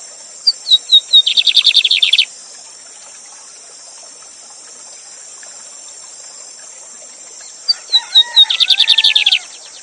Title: Novo Canto de Bigodinho. Bigode Gavião negro professor de canto cantando ao vivo com cascata!